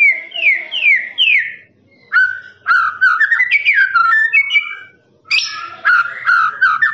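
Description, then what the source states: Lovebird song starting with four repeated falling chirps, then rapid warbled chatter of squeaks and short whistles with a few short pauses. Lovebird's long ngekek song, used as a master recording for training birds.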